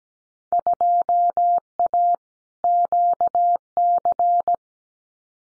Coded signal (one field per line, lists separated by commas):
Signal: Morse code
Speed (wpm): 17 wpm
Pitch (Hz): 700 Hz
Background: none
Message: 2A QC